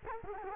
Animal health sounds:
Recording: mosquito wingbeat signal from an infrared sensor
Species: Culex quinquefasciatus

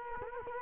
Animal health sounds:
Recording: mosquito wingbeat signal from an infrared sensor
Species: Culex quinquefasciatus

